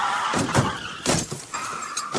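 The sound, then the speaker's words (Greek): A truck crash sound effect: a burst of loud metallic bangs and crunching impacts, several hits in quick succession over about two seconds, with no voices. “Όπα, με συγχωρείτε, έρχεται ένα φορτηγό πάνω μας.”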